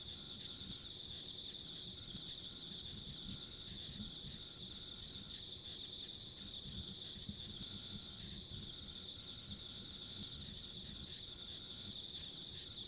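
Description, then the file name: Insect chorus, an unbroken high-pitched shimmering trill that holds steady for the whole stretch, with soft low background rumble. Ambient insect sounds along a rural country road. "田舎道の虫の環境音"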